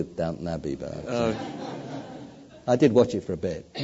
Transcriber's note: laughter